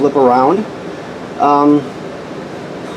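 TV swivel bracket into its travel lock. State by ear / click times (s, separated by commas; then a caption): not seated / none. In a 2022 Flagstaff Micro Lite 21DS, a TV on its swivel bracket is being handled so it can be snapped into its travel lock and won't flip around while travelling. Someone talks in two short bursts over a steady low background hum. Nothing has seated or clicked yet.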